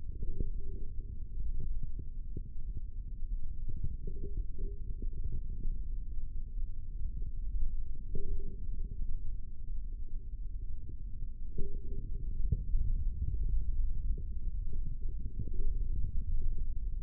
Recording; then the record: forearm muscle sounds (acoustic myography)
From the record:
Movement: hand opening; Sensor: system 3, bracelet of six PUI Audio POM-2738L microphones around the upper forearm, with dedicated amplification and filtering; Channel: 5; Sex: male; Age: 25 years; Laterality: right